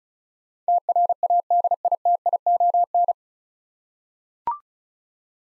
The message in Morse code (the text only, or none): TRADITION